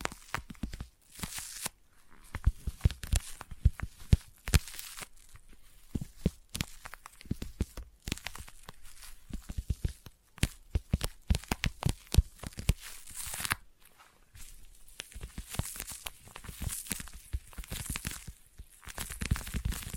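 Sticky tapping goes on in fast, irregular bursts of sharp clicks and taps throughout, with no speech. Every few seconds comes a brighter peeling, tearing crackle, notably near the start, around 13 seconds and again near the end. Brief quiet gaps break up the busy rhythm.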